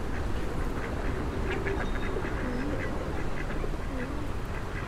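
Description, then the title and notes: Ducks quacking in short, harsh bursts over a constant traffic rumble. Ducks fed by passers-by on the Old Town Promenade, Stare Miasto, Wrocław, at 16:00, with passing cars and buses; Sony PCM-D50 recorder, Rode NT4 microphone, FEL BMA preamplifier. "Kaczki i gołębie na Promenadzie Staromiejskiej cz.2 Lokalizacja: Stare Miasto Czas: 16.00 Opis: Kaczki i gołębie karmione przez przechodniów. Odgłosy przejeżdżających samochodów i autobusów."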